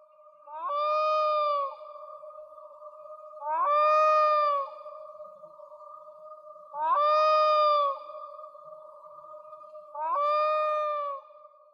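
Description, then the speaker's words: Black-throated loon wailing calls, long mournful notes that rise and then level off, given four times about three seconds apart, with quiet between them. Calls that many people in Lapland associate with summer. "Nur ihre tollen Rufe, die für viele Menschen hier oben zum Sommer gehören, die habe ich leider nicht mehr gehört."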